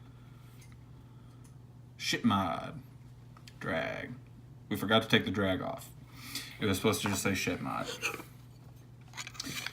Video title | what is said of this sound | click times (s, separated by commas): VooPoo Drag 157W! DNA Killer?! BIG Controversy?! | a battery Devon snaps into place very very strong magnets you're not gonna lose that anytime soon | 9.7 s